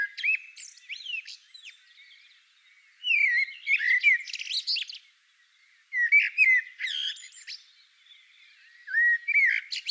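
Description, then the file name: Common blackbird song in repeated phrases roughly every three seconds, each a rich, low whistled motif followed by thin, squeaky twittering. "Koltrast"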